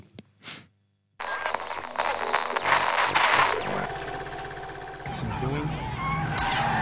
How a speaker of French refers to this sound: Donc, c'est la course-poursuite dans Boston. Quand Cameron Diaz allait avec les mecs de la CIA dans la voiture.